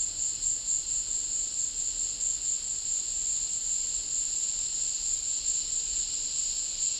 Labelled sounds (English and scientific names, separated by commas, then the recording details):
none
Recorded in dense forest near Puerto Asís, Putumayo, Colombia, on 20 February 2024 at 14:30
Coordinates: 0.500, -76.322
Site G6465